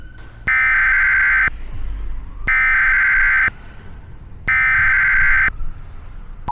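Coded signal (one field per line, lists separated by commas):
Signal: Emergency Alert System (SAME) tones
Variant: header bursts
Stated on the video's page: Simulated EAS scenario.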